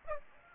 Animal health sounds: mosquito wingbeat signal from an infrared sensor; Aedes aegypti

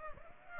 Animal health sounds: mosquito wingbeat signal from an infrared sensor; Aedes aegypti

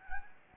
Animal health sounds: mosquito wingbeat signal from an infrared sensor; Anopheles gambiae

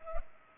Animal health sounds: mosquito wingbeat signal from an infrared sensor; Culex pipiens

